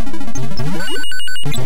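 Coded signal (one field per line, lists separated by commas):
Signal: none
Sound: retro game sound effects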